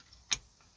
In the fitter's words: there we go i heard that click now so now i can actually